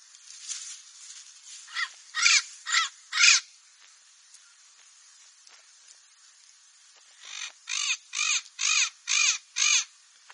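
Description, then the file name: Parrot giving harsh squawks: an irregular burst of raspy calls, a pause of a few seconds, then a steady run of six similar squawks about every half second. "canto do papagaio"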